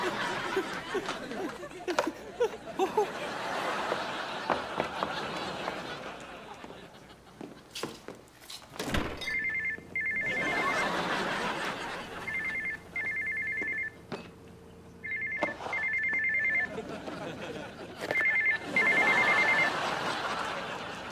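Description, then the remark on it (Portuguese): In a scene from the European Portuguese dub of Hannah Montana, voices and some laughter fill the opening seconds before a charging mobile phone rings with four repeated bursts of bright, warbling electronic tones, separated by short pauses. “Se o rapaz não soubesse onde está o telemóvel dele, eu dizia-lhe.”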